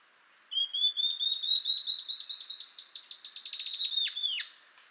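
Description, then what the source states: Ocellated antbird song: a long run of high whistled notes rising slowly in pitch, breaking into a few loud downslurred notes at the end. Subspecies mcleannani.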